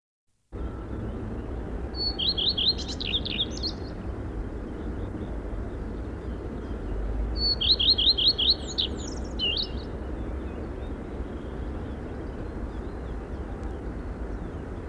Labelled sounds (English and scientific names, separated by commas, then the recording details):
Common Redstart (Phoenicurus phoenicurus) song
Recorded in the wild
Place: Schmale Heide, Insel Rügen, Mecklenburg-Vorpommern, DE
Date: 1969-05-18
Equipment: NAGRA III BH, Sennheiser MD21 mit Reflektor (d=75 cm, Glasfiber) und Stativ
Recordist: Schubert, Michael
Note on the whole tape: Gesang Gartenrotschwanz